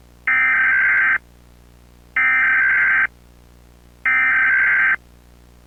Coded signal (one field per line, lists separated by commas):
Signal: Emergency Alert System (SAME) tones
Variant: header bursts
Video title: Eas Scenario 3 (Much More Improved)